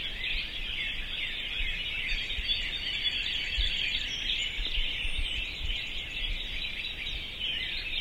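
Birds chirp and twitter in a busy chorus; a thin, higher whistled trill and a brief upslurred whistle stand out above the mass.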